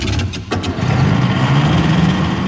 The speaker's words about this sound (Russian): Снегокат затрясся, чихнул, дернулся и, взревев, как разъяренный зверь, оторвался от земли.